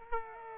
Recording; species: mosquito wingbeat signal from an infrared sensor; Aedes aegypti